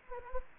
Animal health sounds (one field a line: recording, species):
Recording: mosquito wingbeat signal from an infrared sensor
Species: Anopheles gambiae